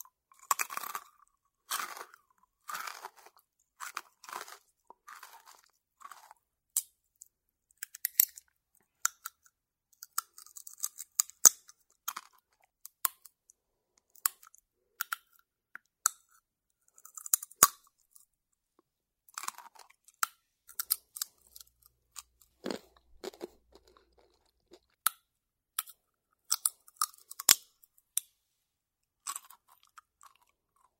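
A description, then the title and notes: Someone eats sunflower seeds and peanuts, with sharp, bright cracks and crunches arriving irregularly every second or so, separated by near silence. 吃瓜子花生｜Eating Sunflower Seed、Peanut.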